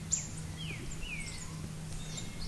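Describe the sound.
Bird calls: scattered thin high chirps and two descending whistled notes over a steady low hum.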